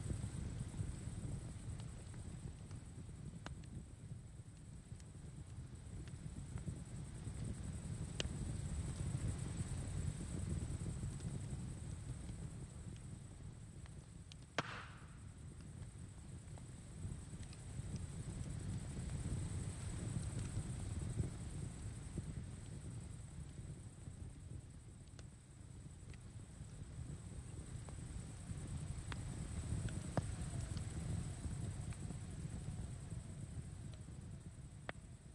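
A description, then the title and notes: Campfire ambience with a low, rumbling roar that swells and eases in slow waves. Sparse, sharp crackles and ticks pop through now and then, one louder snap near the middle, over a thin, steady high whine. CAMPFIRE AMBIENCE | Cozy Crackling Fire Sounds.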